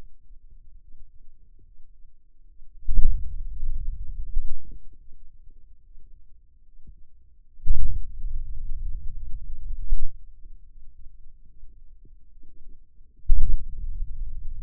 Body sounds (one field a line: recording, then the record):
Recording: forearm muscle sounds (acoustic myography)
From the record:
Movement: hand opening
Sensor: system 2, bracelet of six BSWA MPA416 microphones around the upper forearm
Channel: 5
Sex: male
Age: 22 years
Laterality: right